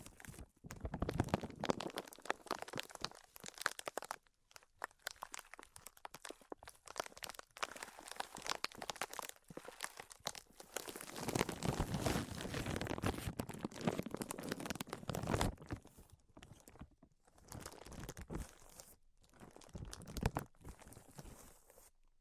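Tapping, scratching and tracing sounds come in dense, busy runs of crisp ticks and rough scrapes, broken by brief quiet gaps near 4.5, 16 and 19 seconds. A fuller, steadier scratching stretch runs from about 11 to 15 seconds, with crinkly, crunchy textures throughout.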